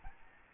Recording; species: mosquito wingbeat signal from an infrared sensor; Aedes albopictus